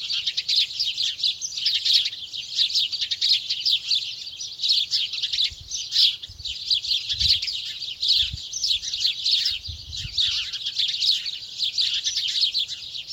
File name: Passer domesticus